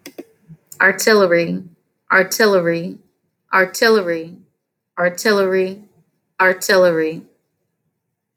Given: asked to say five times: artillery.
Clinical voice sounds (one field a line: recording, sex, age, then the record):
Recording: repeated word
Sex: female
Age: 30 to 39 years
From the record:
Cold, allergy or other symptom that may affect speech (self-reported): no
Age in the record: 31 years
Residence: Louisiana, United States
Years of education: 18